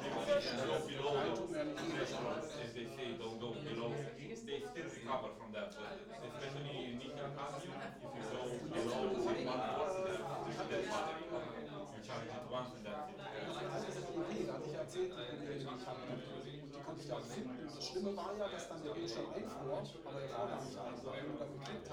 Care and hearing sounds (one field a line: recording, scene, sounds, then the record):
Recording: everyday scene through a hearing-aid microphone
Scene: many people talking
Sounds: many voices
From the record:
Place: bistro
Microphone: in the ear canal, right